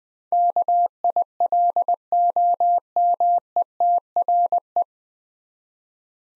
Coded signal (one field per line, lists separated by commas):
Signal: Morse code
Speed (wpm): 20 wpm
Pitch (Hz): 700 Hz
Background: none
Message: KILOMETRE